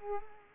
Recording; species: mosquito wingbeat signal from an infrared sensor; Culex quinquefasciatus